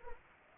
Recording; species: mosquito wingbeat signal from an infrared sensor; Anopheles arabiensis